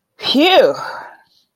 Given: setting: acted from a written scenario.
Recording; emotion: vocal sound without words; relief